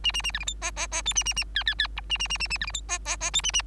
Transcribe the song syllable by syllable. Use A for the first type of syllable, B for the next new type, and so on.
A A A B C D E E E F A A A G G G H A A A A A B C D E E E F A A